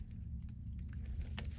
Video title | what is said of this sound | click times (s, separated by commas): Myers lemon and lime tree | ah i hit that click did you hear that click yes okay great | 1.4 s